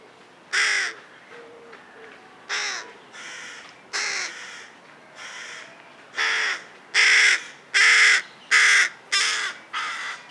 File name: Corvus corone